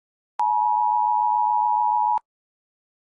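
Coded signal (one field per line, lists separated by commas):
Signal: Emergency Alert System (SAME) tones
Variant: 853 and 960 Hz attention tone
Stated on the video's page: Simulated EAS alert, a fictional earthquake scenario.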